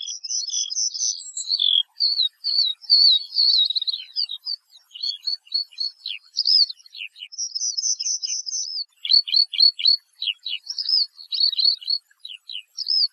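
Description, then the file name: Eurasian skylark song, a continuous rapid outpouring of high chirps, trills and buzzy warbled phrases with brief gaps, running on throughout without settling into a repeated pattern. "Allodola"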